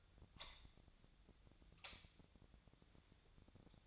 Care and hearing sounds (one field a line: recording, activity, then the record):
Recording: daily activity, microphone in the room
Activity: light on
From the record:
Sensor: 3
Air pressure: 1009.7 hPa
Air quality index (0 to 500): 189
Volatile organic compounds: 14 ppm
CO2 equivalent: 2466 ppm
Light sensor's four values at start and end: 39/97/42/45 and 45/118/50/52